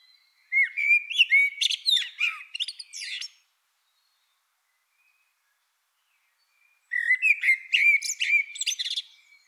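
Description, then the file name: Eurasian blackbird song: two fluted phrases with squeaky high endings, separated by a few seconds of silence. "Turdus merula"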